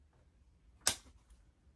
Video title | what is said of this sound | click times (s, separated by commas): Flosstube Extra: WIP Parade 2025 | the way I mostly stitch, hear that lovely snap of the needle minders together. | 0.9 s